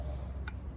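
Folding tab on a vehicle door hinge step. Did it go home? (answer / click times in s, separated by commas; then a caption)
yes / 0.5 s. A metal tab on a Buzz Overland door hinge step for an Ineos Grenadier is flipped out and locks into its open position, held by little keys that stop it bending. A single short, sharp click at 0.5 s rises over a steady low rumble. The tab is seated and locked open.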